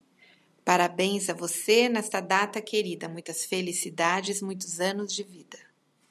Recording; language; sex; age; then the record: short text; Brazilian Portuguese; female; 50 to 59 years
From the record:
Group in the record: control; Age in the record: 51 years